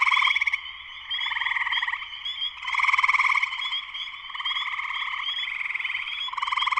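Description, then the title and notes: Spring peeper chorus: dense pulsed trills swelling and ebbing, with a constant scatter of thin, high peeps. Full chorus shortly after sunset in Sleeping Bear Dunes National Lakeshore, northern Michigan, USA; recorded by Darrin Wassom. "Spring peepers (chorus frogs) in concert. Spring peepers (chorus frogs) in full chorus shortly after sunset in the Sleeping Bear Dunes National Lakeshore in northern Michigan, USA. Recorded by Darrin Wassom. Music for Sleep"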